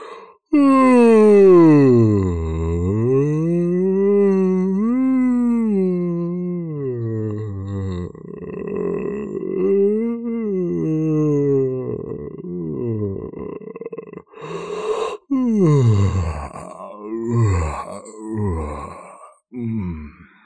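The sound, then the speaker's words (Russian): In a living room in the morning, someone gives a long, loud, drawn-out yawn, its voiced pitch sliding down and up for several seconds. A few shorter groaning, stretching vocal sounds and breaths follow. “И вот утром 11 января в гостиной послышался звук легендарно продолжительной зевоты.”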